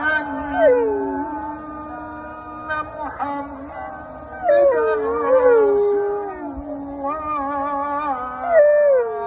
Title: The wolf howling during the call to prayer